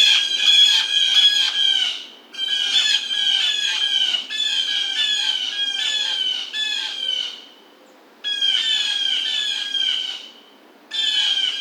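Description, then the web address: Blue jay calling almost continuously with loud, harsh, squawking jay notes in rapid series, broken by a few brief pauses. Recorded 27 July 2009. "Blue Jay 2009 07 27 Blue Jay"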